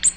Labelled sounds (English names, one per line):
Ovenbird flight call